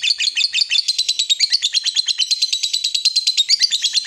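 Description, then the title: Yellow-vented bulbul chatter, dense high chirps running in quick, even succession for the whole stretch. Used as a bird lure (pikat). "PIKAT TRUCUKAN"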